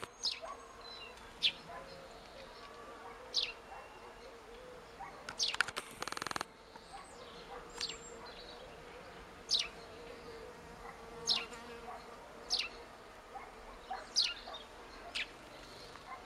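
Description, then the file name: Eurasian blackcap giving sharp, dry tack calls, single clicks spaced roughly one to two seconds apart, with a brief loud rustling burst near the middle and a steady low background hum. "Sylvia atricapilla"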